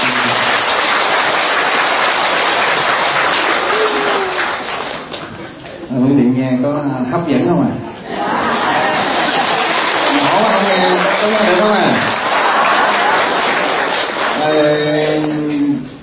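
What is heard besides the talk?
audience applause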